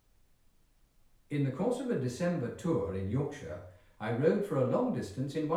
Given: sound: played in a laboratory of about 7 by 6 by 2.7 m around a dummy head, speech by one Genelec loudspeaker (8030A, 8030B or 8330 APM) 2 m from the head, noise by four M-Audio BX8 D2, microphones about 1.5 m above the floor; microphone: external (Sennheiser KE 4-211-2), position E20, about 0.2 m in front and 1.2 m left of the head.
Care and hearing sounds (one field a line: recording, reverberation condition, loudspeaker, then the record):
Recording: male speech in English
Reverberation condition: medium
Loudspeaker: 150 degrees to the right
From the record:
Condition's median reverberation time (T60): about 510 ms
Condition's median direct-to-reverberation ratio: about -0.5 dB